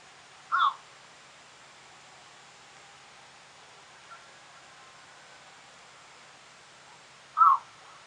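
Eurasian bittern uttering two harsh barks about seven seconds apart, with quiet steady hiss between them.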